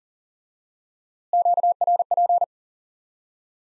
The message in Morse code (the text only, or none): QRP